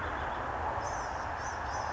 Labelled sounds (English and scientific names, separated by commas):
Blue-gray Gnatcatcher (Polioptila caerulea)